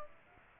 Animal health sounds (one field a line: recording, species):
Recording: mosquito wingbeat signal from an infrared sensor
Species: Aedes aegypti